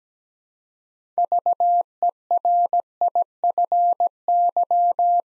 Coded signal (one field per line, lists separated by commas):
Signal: Morse code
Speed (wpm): 17 wpm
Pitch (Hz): 700 Hz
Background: none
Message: VERIFY